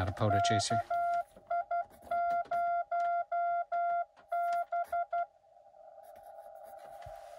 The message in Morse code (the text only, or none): KI0B